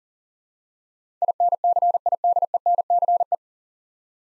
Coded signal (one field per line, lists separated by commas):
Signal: Morse code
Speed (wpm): 37 wpm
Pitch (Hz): 700 Hz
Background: none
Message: INCIDENCE